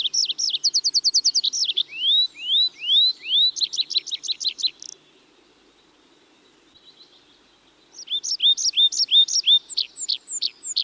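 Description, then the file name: Tree pipit singing: a very fast stuttering trill, then rising swept notes mixed with chirps and a buzz, a short silence, then another quick phrase. "Tree Pipit (Anthus trivialis)"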